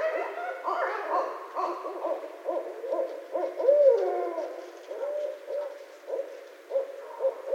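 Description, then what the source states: Barred owl hooting, a busy sequence of loud, harmonically rich hoots and descending calls overlapping throughout, with a sharp drop near the middle. Recorded on 19 February 2012.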